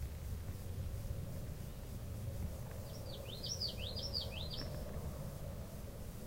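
Common yellowthroat singing one short phrase of rapid, looping, repeated notes, against constant low background noise.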